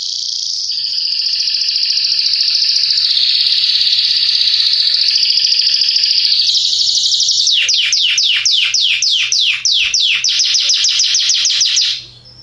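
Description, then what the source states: Canary song of high, even trills changing pitch in steps, followed by a burst of rapid repeated downward sweeps before fading out. Yellow Belgian canary; song.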